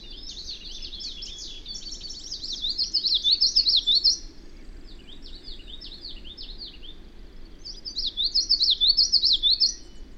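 Bird song: two loud, high, quickly warbled phrases, each a run of looping whistled notes, with faint notes between and a low steady hum.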